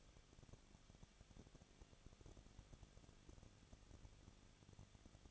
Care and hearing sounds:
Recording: daily activity, microphone in the room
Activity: no activity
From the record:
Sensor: 4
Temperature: 23.1 degrees Celsius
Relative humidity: 34.3%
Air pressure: 1007.2 hPa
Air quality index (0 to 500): 216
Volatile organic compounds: 15 ppm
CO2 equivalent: 2500 ppm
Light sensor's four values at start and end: 2/3/1/1 and 2/3/1/1

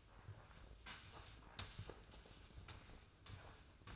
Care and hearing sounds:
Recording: daily activity, microphone in the room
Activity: sweep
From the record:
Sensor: 2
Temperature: 24.2 degrees Celsius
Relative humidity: 31.4%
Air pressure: 995.8 hPa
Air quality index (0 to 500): 93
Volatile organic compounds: 5 ppm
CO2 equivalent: 1716 ppm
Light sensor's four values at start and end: 23/75/30/28 and 12/33/14/13

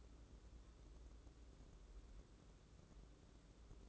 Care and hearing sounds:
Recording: daily activity, microphone in the room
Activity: take from stove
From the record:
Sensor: 3

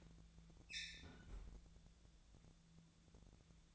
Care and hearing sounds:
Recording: daily activity, microphone in the room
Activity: close fridge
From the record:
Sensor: 3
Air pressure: 1000.0 hPa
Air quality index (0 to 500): 126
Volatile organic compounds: 2 ppm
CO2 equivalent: 1132 ppm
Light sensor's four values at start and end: 43/109/46/51 and 43/108/46/51

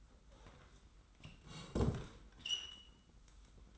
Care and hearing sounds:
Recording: daily activity, microphone in the room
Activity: sit down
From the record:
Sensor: 3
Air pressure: 990.4 hPa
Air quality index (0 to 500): 170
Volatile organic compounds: 1000 ppm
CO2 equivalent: 5482 ppm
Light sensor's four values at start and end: 45/106/43/41 and 45/106/43/41

